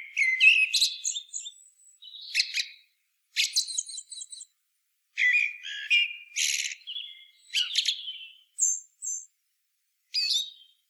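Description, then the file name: Eurasian blackbird delivering a varied song of squeaky, scratchy twitters and some lower whistles in several separate bursts. "Turdus merula"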